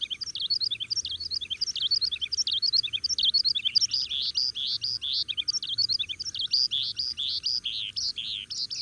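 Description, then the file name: Oriental skylark singing a high, rambling stream of short chirps and buzzy warbled notes that runs on without a break. "alauda gulgula"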